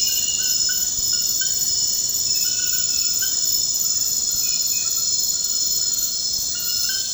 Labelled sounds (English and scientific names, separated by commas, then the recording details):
none
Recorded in dense forest near Puerto Asís, Putumayo, Colombia, on 18 February 2024 at 00:30
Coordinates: 0.472, -76.329
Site G6394